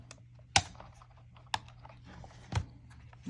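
A second plastic Skyreat propeller holder is closed around the arm and propeller of a DJI Mini 3 Pro drone and clips shut with sharp clicks at 0.6 s and 1.5 s, amid faint tapping and handling noise. The holder is left seated, all set and secure, so the propellers won't move around in a bag.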